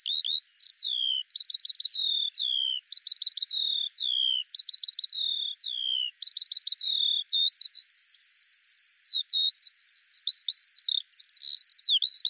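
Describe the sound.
Eurasian skylark song: an unbroken stream of high, rapid twittering phrases and trills, repeating short motifs with slight variation.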